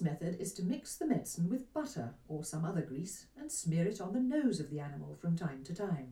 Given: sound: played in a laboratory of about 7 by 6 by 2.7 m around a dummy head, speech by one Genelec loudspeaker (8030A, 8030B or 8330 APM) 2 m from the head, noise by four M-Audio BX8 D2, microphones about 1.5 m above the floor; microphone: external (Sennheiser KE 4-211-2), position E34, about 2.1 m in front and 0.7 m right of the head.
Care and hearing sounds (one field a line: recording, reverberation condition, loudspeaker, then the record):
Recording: female speech in English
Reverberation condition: low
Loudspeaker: 150 degrees to the left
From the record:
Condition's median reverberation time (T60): about 310 ms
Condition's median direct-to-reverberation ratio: about 3.5 dB